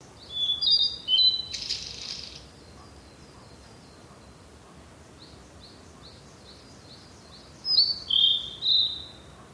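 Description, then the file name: Blue-and-white flycatcher whistling high notes and a short buzzy burst, then after a long pause another loud whistled phrase near the end. "oruri"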